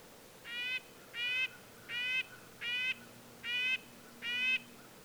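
Red-breasted nuthatch, six nasal, horn-like calls repeated at a slow, fairly even pace over low background hiss.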